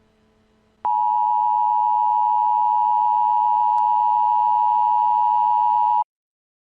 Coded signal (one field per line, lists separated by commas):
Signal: Emergency Alert System (SAME) tones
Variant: 853 and 960 Hz attention tone